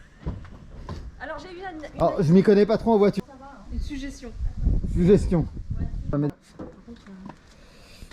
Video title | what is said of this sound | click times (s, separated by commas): PRESENTATION RENAULT CLIO 4 120cv | T'as entendu clac? Parce que je voudrais pas, mais l'alignement là me semble parfait. Donc à mon avis, tu l'as pas ouvert. | none